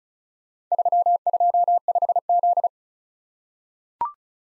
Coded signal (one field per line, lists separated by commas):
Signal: Morse code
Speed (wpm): 36 wpm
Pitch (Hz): 700 Hz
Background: none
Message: 325Z